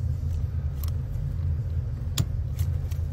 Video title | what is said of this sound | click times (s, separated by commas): REPLACE Ford Econoline BRAKE LIGHT SWITCH | so you'll reclick the connector | 2.2 s